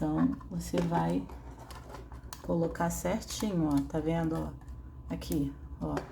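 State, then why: Seated. A circuit board is lowered into the guide track of the plastic housing of a motion-sensor selfie-stick tripod head, so it will not wobble when the motor turns. Someone talks throughout, with faint ticks before a sharp click at 2.3 s. The board seats, going in exactly when it sits in the right track.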